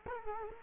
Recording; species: mosquito wingbeat signal from an infrared sensor; Culex quinquefasciatus